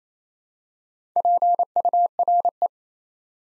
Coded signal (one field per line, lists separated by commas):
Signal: Morse code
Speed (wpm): 27 wpm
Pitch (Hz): 700 Hz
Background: none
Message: PURE